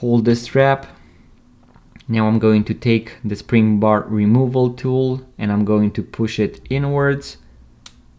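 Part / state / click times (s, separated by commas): spring bar into watch case lug hole / seated / 7.9 s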